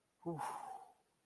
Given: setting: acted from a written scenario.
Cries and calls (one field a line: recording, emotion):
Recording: vocal sound without words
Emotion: relief